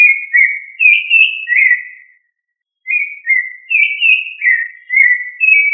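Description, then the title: Thrush song of clear whistled slurred phrases, a run of several notes, a brief pause, then another whistled sequence. "Familia Turdidae - Sabia"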